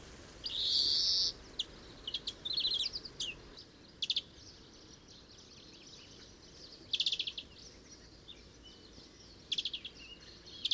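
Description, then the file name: European greenfinch calls: a buzzy wheeze near the start, then scattered short chirps and brief twittering bursts spaced irregularly throughout over a steady hiss. "Chloris chloris"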